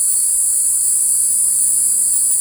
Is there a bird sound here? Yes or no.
no